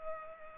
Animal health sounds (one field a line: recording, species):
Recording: mosquito wingbeat signal from an infrared sensor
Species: Culex pipiens